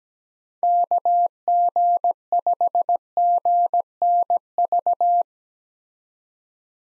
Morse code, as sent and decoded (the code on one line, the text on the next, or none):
-.- --. ..... --. -. ...-
KG5GNV